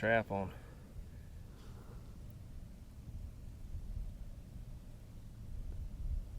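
Someone talks briefly at the start, then a steel foothold trap is placed in the set and handled while it is being armed, with only low, quiet handling noise afterward. The trap dog has not yet latched into the pan notch, so nothing has seated or clicked yet.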